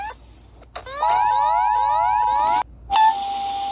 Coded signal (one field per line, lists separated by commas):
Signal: Emergency Alert System (SAME) tones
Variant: 853 and 960 Hz attention tone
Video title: eas alarm animados 2